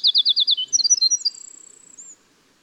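Winter wren, the tail of a song: a quick high trill, then tinkling notes fading into a thin, high, drawn-out buzz.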